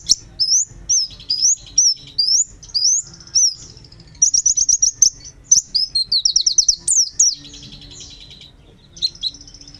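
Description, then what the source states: White-eye singing high, bright warbled phrases with quick rising slurs and fast trilled bursts, broken by short pauses, with a final short phrase near the end. Long, melodious song.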